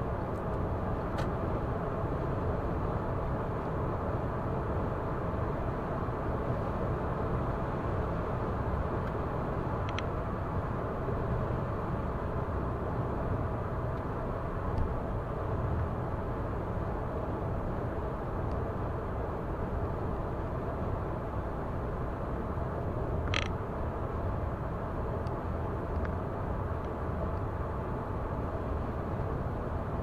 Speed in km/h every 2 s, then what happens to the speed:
113, 116, 116, 116, 116, 116, 112, 110, 110, 110, 110, 110, 110, 110, 110.
0-30 steady at about 110.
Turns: none.